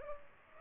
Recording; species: mosquito wingbeat signal from an infrared sensor; Culex pipiens